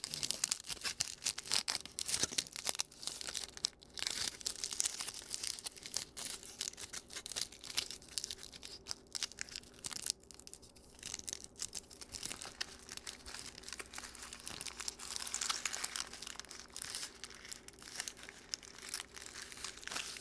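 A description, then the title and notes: Aluminum foil is crinkled continuously, a dense, bright crackling of sharp snaps with no real pauses. The handling swells and eases slightly, growing busier around fifteen seconds, over a faint low hum. Calming Crinkling of Aluminum Foil.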